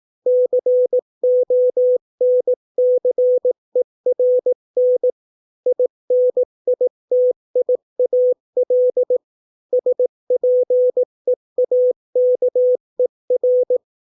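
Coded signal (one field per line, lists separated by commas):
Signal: Morse code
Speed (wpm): 18 wpm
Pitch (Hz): 500 Hz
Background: none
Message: CONCERN INITIAL SPEAKER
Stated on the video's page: Morse code practice of 200 English words at 18 wpm for copying by ear.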